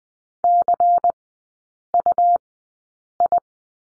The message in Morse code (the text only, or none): CUI